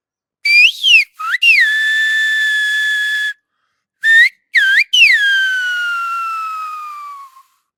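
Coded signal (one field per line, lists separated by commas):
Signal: whistled language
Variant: Silbo Gomero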